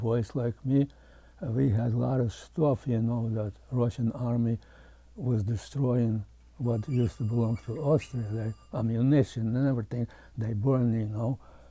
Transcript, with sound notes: Boys like me, we had a lot of stuff, you know, that Russian Army was destroying [a telephone rings in the background] what used to belong to Austria, ammunition and everything they burn, you know.